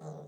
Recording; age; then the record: pig call; piglet (1 to 25 days)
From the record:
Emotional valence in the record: negative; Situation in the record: long isolation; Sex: female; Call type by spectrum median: low-frequency call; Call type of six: low-frequency stable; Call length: 0.28 s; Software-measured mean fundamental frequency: 51 Hz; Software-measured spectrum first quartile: 158 Hz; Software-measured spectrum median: 345 Hz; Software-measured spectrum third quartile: 619 Hz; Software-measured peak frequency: 162 Hz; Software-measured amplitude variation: 98 dB a second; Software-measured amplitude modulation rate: 24.8 a second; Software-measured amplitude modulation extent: 4.0 dB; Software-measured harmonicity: 2.0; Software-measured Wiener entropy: 0.06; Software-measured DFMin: 1159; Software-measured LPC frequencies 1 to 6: 569, 4027, 6141, 6860, 7558, 8610 Hz